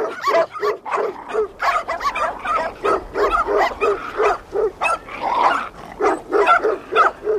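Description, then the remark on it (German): A mixed pack of dogs on long leashes, walked by two dog walkers across meadows in ground fog, barks and yips over one another in a steady, overlapping clamor, sharp high yelps mixed with deeper barks, with a few whimpers between bursts. “Ihr Job ist es, Haustiere auszuführen, weil die Besitzer so beschäftigt sind, dass sie keine Zeit haben, um ihren Kötern Auslauf zu verschaffen.”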